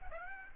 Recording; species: mosquito wingbeat signal from an infrared sensor; Aedes aegypti